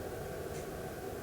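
A display cable is being plugged into the connector of a Sawyer robot controller, with only a steady, even broadband noise and low hum heard throughout. Nothing has seated or clicked yet.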